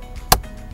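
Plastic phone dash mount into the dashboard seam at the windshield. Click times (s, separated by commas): 0.3 s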